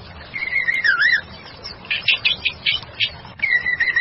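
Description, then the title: White-rumped shama singing a wavering whistle, then a quick series of sharp, evenly spaced chips, ending in another fluid whistle. "murai batu"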